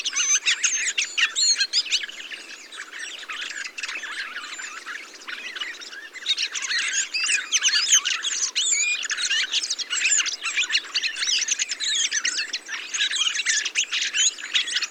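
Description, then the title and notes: Noisy thrush chorus with countless overlapping chirps and squeals, dipping briefly before swelling back to a dense chatter. Large mixed flock of mistle thrushes, song thrushes, redwings, fieldfares and some blackbirds feeding on abundant berries, singing; blue sky; Montagne du Puy, Drôme; 22 November 2020; Nagra Seven, Telinga Pro7 parabola. "POT-POURRI DE GRIVES. 22 novembre 2020-Montagne du Puy - Drôme. Grives draine, musicienne, mauvis et litorne plus quelques merles"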